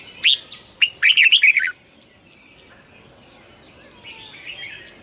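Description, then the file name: Red-whiskered bulbul song: a short note, then a rapid run of bright warbled notes lasting under a second, followed by quiet background chirps. Hue strain red-whiskered bulbul singing in the 'giọng kép' (double-voice) song style. "Tieng chao mao hue hot giong kep"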